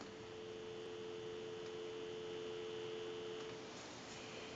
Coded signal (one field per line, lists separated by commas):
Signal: telephone call progress tone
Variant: North America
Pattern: dial tone